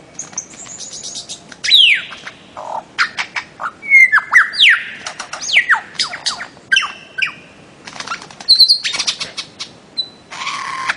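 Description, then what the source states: Bird-of-paradise song, a lively mix of descending whistles, dry clicks and short buzzy bursts, delivered in rapid varied phrases throughout. Master song used for training songbirds.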